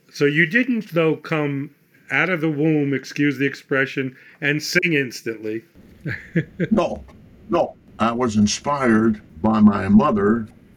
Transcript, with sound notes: You didn't, though, come out of the womb, excuse the expression, and sing instantly? [LAUGHTER]
No. I was inspired by my mother.